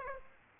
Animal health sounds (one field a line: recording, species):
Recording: mosquito wingbeat signal from an infrared sensor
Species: Aedes aegypti